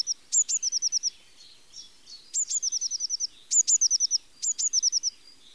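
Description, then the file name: Eurasian blue tit singing: a thin high note, then a quick ringing trill of several notes, the phrase repeated a few times with brief pauses. "Mesange bleue"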